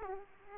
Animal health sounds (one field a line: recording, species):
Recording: mosquito wingbeat signal from an infrared sensor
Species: Aedes aegypti